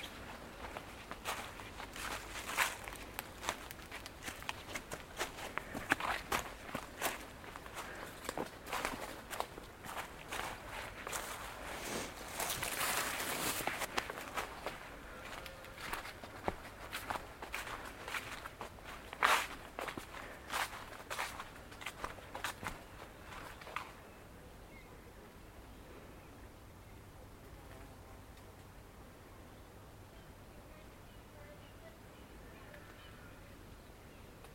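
Footsteps amble through Woodwell in Silverdale, a dense run of crunching, uneven steps for the first twenty-four seconds, with a brighter rustling burst around twelve to fourteen seconds. After that the steps stop, leaving only a quiet, steady hiss.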